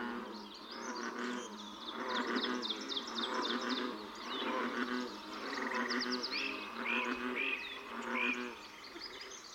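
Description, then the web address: American bullfrog croaks in a pulsing series of low rumbling bursts, joined by buzzing insects and several short rising bird chirps. "Dan Gibson's Solitudes Nature Trails. Bullfrog"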